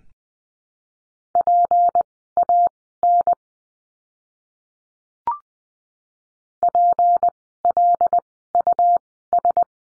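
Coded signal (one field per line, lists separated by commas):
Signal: Morse code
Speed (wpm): 20 wpm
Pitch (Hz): 700 Hz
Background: none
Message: PAN PLUS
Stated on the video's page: Morse lesson practicing words with the letter P, sent at Farnsworth speed 20/10 wpm.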